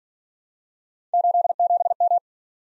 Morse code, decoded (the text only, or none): 87M